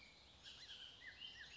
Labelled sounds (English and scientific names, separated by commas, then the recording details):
Bullock's Oriole (Icterus bullockii)
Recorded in Sonoma County, California